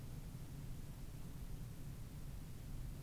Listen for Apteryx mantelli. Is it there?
no